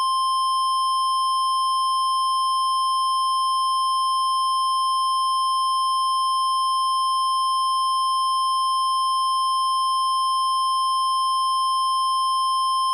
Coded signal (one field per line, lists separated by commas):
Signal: Emergency Alert System (SAME) tones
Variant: 1050 Hz attention tone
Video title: EAS Los Angeles (ONLY A EAS MOCK but messed up again)